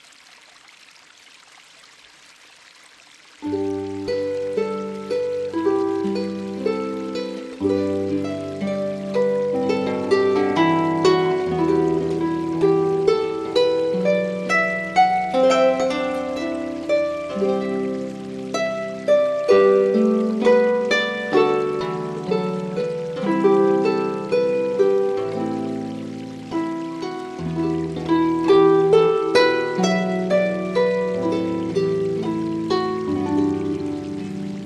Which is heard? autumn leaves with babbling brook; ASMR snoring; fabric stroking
autumn leaves with babbling brook